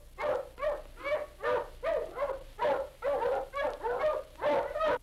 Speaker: That was the sound of Florida hunting dogs in action.